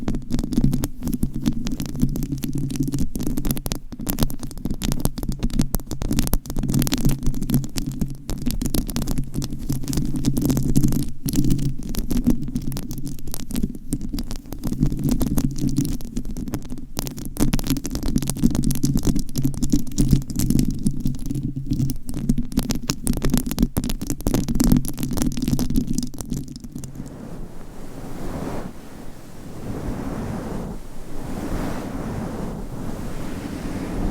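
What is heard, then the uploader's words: Microphone scratching, a dense, continuous rustle with a low rumbling hum underneath and rapid crackly clicks running through the first 27 seconds. Around 27 seconds the sound turns duller and softer, becoming a muffled brushing with slower, rhythmic strokes. ASMR Mic Scratching Battle with 100 Different MICS ! Bare VS Foam VS Fluffy Covers No Talking.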